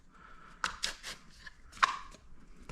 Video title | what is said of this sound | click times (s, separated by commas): Tools needed to install vinyl siding | so those are locked in | 0.6 s, 0.8 s